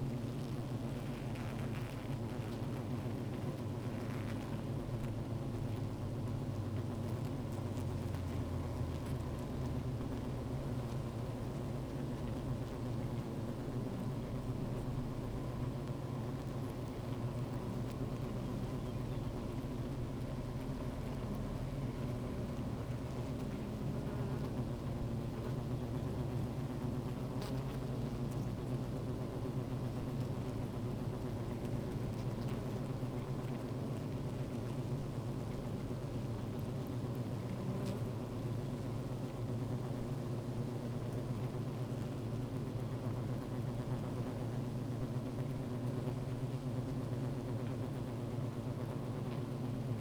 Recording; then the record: honeybee colony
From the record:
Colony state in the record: active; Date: 28 July 2017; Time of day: 15:35